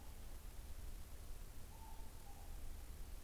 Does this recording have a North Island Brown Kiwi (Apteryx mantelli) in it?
no